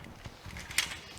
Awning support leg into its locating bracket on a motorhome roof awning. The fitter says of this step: and slide out until that gets into place you drop that down till it clicks into there